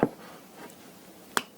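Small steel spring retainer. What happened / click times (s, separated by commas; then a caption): A small metal retainer snapped free / 1.4 s. A small back-strap tool used as a punch is pushed into the disassembly hole in the short slide back plate of a Glock G45 Gen 6 pistol to release the extractor. After a faint tap at the start, a sharp snap at 1.4 s marks the extractor retention snapping free, so the extractor can now be dropped out.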